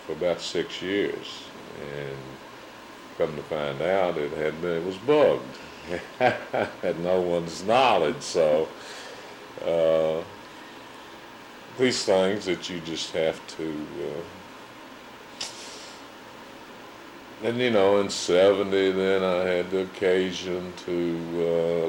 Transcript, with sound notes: for about six years, and come to find out it had been--it was bugged. [laughs] Had no one's knowledge so, these things that you just have to--and, you know, in '70 then, I had the occasion to--.